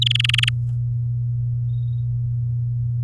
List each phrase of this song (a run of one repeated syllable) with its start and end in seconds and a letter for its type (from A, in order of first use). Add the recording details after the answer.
0.02-0.49 A. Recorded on 9 May 2018 at 10:59. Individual llb16